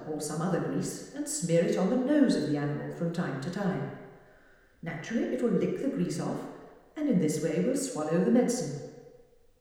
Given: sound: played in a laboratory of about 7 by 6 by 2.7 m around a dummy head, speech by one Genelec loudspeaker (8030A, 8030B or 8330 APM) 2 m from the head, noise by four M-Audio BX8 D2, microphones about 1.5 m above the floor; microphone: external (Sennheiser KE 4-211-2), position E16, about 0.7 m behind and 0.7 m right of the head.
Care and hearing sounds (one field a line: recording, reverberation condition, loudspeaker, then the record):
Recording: female speech in English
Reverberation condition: high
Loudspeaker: behind (180 degrees)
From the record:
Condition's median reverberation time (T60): about 1300 ms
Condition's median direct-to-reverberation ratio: about -4.0 dB